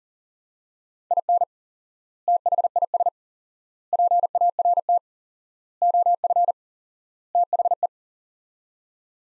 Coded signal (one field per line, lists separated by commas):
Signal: Morse code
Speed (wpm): 40 wpm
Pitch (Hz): 700 Hz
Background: none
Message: IN THIS PART OF THE